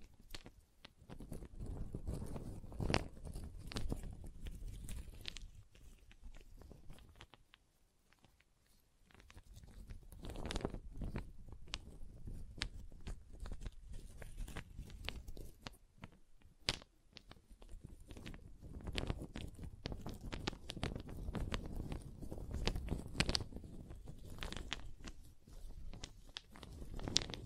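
Wood triggers: crisp taps, knocks and crackly scraping on wooden surfaces, with a soft low rumble under the handling. The sounds come in dense, uneven clusters with sharp clicks scattered throughout, pausing briefly near eight seconds and again around fifteen.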